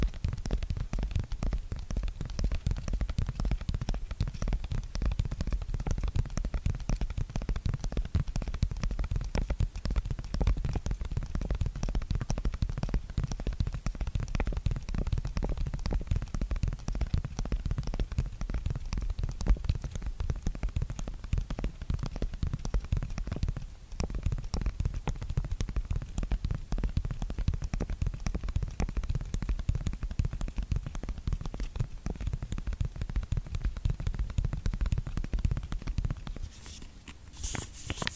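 Fingers tap rapidly and continuously on a skincare product, the taps crowding into a dense, steady patter with a deep, thumping low end. The level barely changes across the clip, apart from a brief break near 24 seconds and a shift in the sound during the last two seconds.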